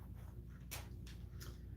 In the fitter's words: We are going to clip that back. There we go. Snap. A satisfying snap